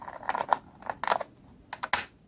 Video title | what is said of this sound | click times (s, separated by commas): Unboxing & DCC Fitting a Class 43 HST + Bachmann BR Coaches #shelvingtonmodelrailway | ở đó chúng tôi đi bạn nghe thấy tiếng click rằng nó đã được bảo mật | 1.9 s